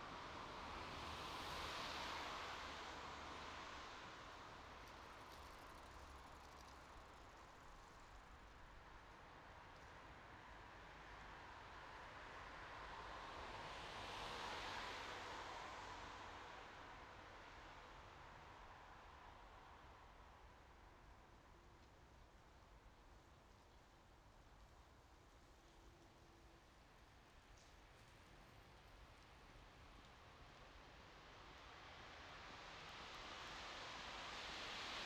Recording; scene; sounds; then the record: everyday scene through a hearing-aid microphone; in traffic; traffic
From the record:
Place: bus stop on a city main road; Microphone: in the ear canal, right